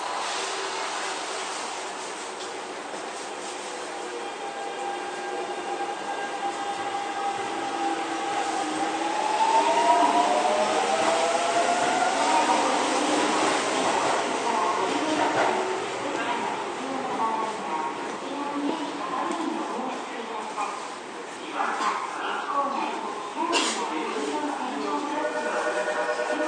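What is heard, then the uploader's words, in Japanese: A Keio 9000 series train on the move, with a steady running rumble underneath. A layered motor whine rises in pitch from about 5 to 15 seconds as the train picks up speed. A few sharp clicks and knocks break through around 21–24 seconds. 京王9000系 高尾山口〜つつじヶ丘。快速つつじヶ丘行を録音。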